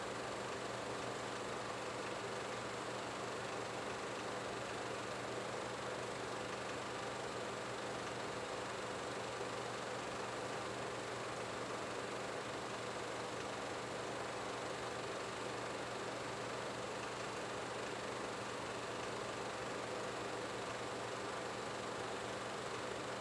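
A film projector runs steadily, its motor giving a constant low hum with a faint rapid flutter beneath a dense, even hiss. Nothing changes across the whole stretch; the machine sounds mechanical, like an idling engine that never varies.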